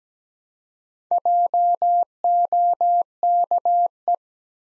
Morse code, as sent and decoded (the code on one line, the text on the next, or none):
.--- --- -.- .
JOKE